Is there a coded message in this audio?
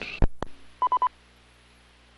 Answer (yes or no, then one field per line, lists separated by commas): no